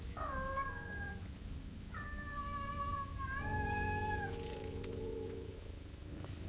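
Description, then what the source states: Cat meowing in a string of drawn-out, steady-pitched meows, the longest held for about two seconds, over soft low background hum. Cat gently meowing at long intervals.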